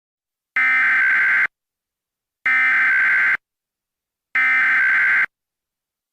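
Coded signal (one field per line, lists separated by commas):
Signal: Emergency Alert System (SAME) tones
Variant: header bursts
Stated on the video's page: Fictional EAS preview with valid EAS tones.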